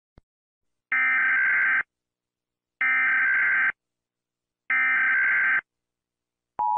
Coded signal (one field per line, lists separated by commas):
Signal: Emergency Alert System (SAME) tones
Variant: header bursts